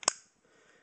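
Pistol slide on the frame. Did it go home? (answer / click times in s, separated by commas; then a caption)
released / 0.0 s, 0.1 s. During field stripping of a Beretta Model 21A "Bobcat" .22LR pistol, the metal slide is pulled back on the frame. Two sharp, fast-decaying clicks sound at 0.0 and 0.1 seconds, followed by faint low background noise. The slide clicks free from the frame for takedown.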